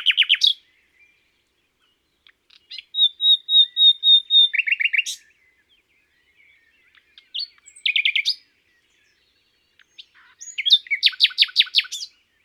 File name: Rossignol philomele